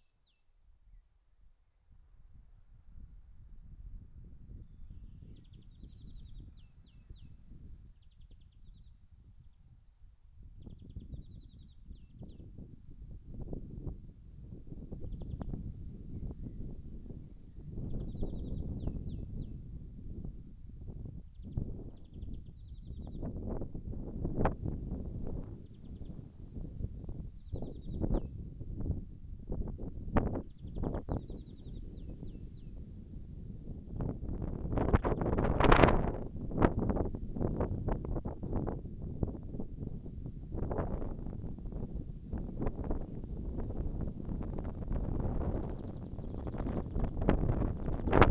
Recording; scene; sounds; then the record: everyday scene through a hearing-aid microphone; wind on the microphone; wind, birds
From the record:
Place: in front of a rural house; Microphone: behind the ear, left, rear